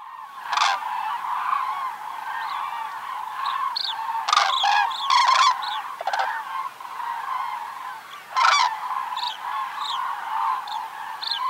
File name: Common Crane